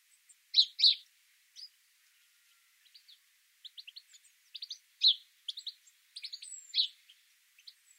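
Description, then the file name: House sparrow giving loud chirps, singly and in quick pairs, among many softer chirps. "Passer domesticus"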